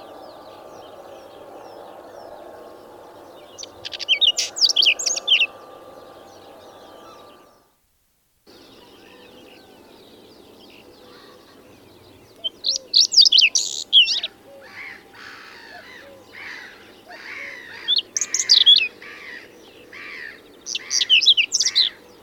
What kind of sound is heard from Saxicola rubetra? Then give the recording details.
song. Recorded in the wild. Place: Bergen, Mecklenburg-Vorpommern, DE. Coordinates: 54.44, 13.46. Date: 1975-05-03. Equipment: Nagra III BH, Sennheiser MD 21, parabola. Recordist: Schubert, Michael